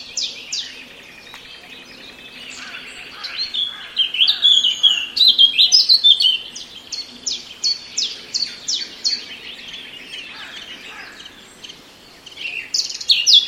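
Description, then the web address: Eurasian blackcap singing a dense, fast warble of high sharp notes and fluty phrases, rising in volume midway, with quieter twittering before and after. "cianscape birddata 2025"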